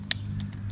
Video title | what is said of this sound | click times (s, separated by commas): Turo: Pickup and Return Instructions | give it a quick temporary close and listen for that click | 0.1 s